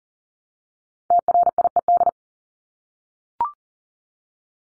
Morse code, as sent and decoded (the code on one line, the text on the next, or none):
- .-. .. . -..
TRIED